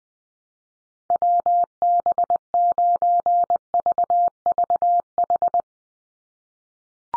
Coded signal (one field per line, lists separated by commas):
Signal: Morse code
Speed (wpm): 20 wpm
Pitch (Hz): 700 Hz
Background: none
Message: WB9VVH